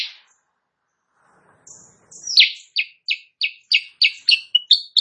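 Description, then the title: Sooty-headed bulbul song: a brief note and a faint rustle, then a run of sharp chirps. Kutilang Sutra type; singing actively (gacor) in the morning; tutor recording (masteran) for training songbirds, said to make rival birds answer. "Masteran Kutilang Sutra. Kutilang Sutra GACOR pagi hari bikin lawannya AUTO NYAUT"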